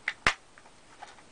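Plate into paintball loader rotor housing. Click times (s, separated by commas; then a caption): 0.3 s. A plastic plate is inserted nose-first into the rotor housing of a Dye Rotor paintball loader and pushed in through the back until it clips in. A sharp tick at about 0.1 s precedes a loud, crisp snap at 0.3 s as the plate seats in place, followed by a few faint ticks. The plate is seated.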